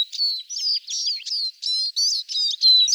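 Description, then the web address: Eurasian siskin twittering: a rapid run of high, thin chirps and wheezy slurred notes in short bursts, some rising and falling, packed densely over three seconds with no other sounds. "Carduelis spinus"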